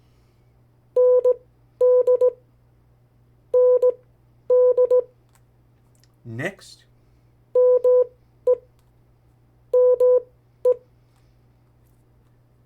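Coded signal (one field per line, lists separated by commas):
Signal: Morse code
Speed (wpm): 17 wpm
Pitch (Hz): 500 Hz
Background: speech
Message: ND ND ME ME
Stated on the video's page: CW practice of the 50 state abbreviations sent at variable speeds.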